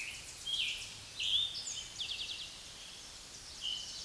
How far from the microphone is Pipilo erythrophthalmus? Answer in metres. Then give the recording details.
about 40 m. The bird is about 10 m above the microphone. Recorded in a Pennsylvania forest on 16 May 2024 at 06:03. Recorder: AudioMoth, point MSD-2376. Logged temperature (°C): 16.7 °C. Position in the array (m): 109 m, 6 m